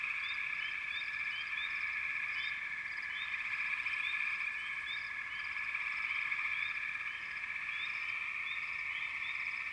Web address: Nature Sounds Sounds of Nature Collection 28 Frog Chourus